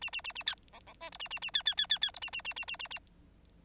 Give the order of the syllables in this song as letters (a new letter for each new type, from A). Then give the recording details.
A A A A B C C D E A A A B B B B B E A A A A A A A. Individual Bird9